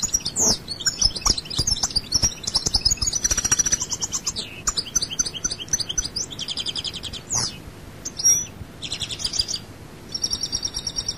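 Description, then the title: European goldfinch singing a lively, high twitter mixed with sustained thin whistles and short buzzy trill bursts separated by brief gaps. "Chant Chardonneret"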